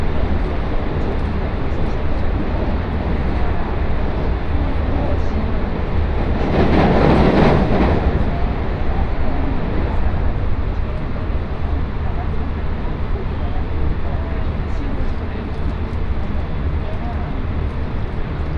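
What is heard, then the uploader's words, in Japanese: A Tokaido Line special rapid train running from Kusatsu toward Shin-Osaka, heard as a steady, dense rumble with a low hum underneath. Around seven seconds a brief louder rush swells and fades. Faint voices surface now and then beneath the running noise. 耳で楽しむ鉄道旅 東海道本線新快速 草津→新大阪。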